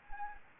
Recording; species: mosquito wingbeat signal from an infrared sensor; Anopheles gambiae